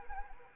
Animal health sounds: mosquito wingbeat signal from an infrared sensor; Anopheles arabiensis

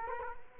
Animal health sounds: mosquito wingbeat signal from an infrared sensor; Culex quinquefasciatus

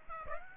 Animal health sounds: mosquito wingbeat signal from an infrared sensor; Aedes aegypti

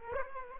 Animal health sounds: mosquito wingbeat signal from an infrared sensor; Aedes aegypti

